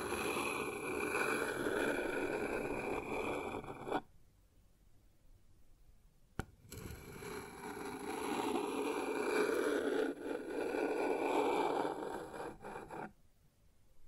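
Something is rubbed or dragged across a wooden surface in a steady, dense scrape with a low rumble underneath. It runs for about four seconds, stops, and after a sharp tap near six seconds resumes until about thirteen seconds, ending with a faint knock.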